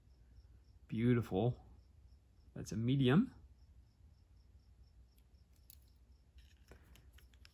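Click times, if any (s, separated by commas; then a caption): none. Someone talks, then a cap is pushed onto the barrel of a vintage fountain pen, making only faint, soft ticks toward the end. The cap is a friction fit only, so nothing clicks or snaps into place, and it is not clear whether the cap is fully on.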